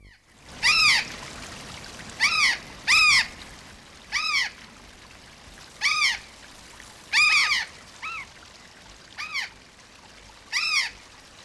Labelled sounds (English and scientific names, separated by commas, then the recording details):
Mitred Parakeet (Aratinga mitrata) call
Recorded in captivity
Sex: group
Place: Zoo Dresden, Sachsen, DE
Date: 1997-02-14 14:30
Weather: heiter bis wolkig, 5 bis 7°C
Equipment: Nagra SN, Kopie Uher 4000 Report Monitor
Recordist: Tembrock, Günter